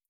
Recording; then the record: hydrophone in a shrimp aquaculture tank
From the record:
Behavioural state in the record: feeding